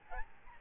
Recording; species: mosquito wingbeat signal from an infrared sensor; Aedes albopictus